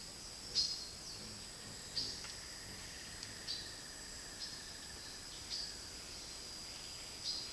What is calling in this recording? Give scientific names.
Ramphocelus carbo